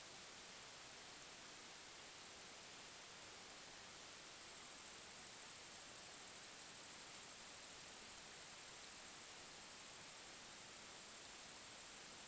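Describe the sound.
Bush crickets stridulating: an unbroken, very high, hissing buzz without pauses.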